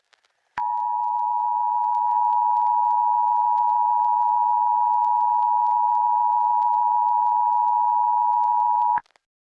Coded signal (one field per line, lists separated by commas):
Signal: Emergency Alert System (SAME) tones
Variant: 853 and 960 Hz attention tone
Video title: EAS Scenario - The Unknown